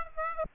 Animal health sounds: mosquito wingbeat signal from an infrared sensor; Aedes aegypti

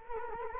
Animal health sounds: mosquito wingbeat signal from an infrared sensor; Culex quinquefasciatus

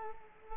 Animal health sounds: mosquito wingbeat signal from an infrared sensor; Culex quinquefasciatus

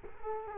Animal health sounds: mosquito wingbeat signal from an infrared sensor; Culex quinquefasciatus

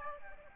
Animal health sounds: mosquito wingbeat signal from an infrared sensor; Aedes aegypti

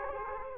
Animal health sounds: mosquito wingbeat signal from an infrared sensor; Culex quinquefasciatus

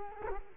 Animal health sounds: mosquito wingbeat signal from an infrared sensor; Culex quinquefasciatus

